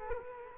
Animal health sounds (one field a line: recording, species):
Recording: mosquito wingbeat signal from an infrared sensor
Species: Culex quinquefasciatus